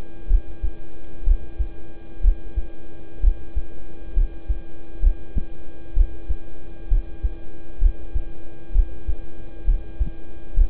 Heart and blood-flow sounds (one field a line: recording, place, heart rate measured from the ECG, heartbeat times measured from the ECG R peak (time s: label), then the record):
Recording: heart sounds by stethoscope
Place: between the tricuspid and mitral areas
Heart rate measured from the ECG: 64 bpm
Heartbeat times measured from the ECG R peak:
0.27 s: heartbeat
1.23 s: heartbeat
2.21 s: heartbeat
3.20 s: heartbeat
4.13 s: heartbeat
5.00 s: heartbeat
5.93 s: heartbeat
6.88 s: heartbeat
7.78 s: heartbeat
8.72 s: heartbeat
9.64 s: heartbeat
10.54 s: heartbeat
From the record:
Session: rest, lying down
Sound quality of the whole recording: good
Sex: male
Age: 26 years